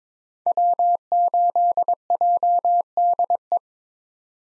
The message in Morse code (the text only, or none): W8JDE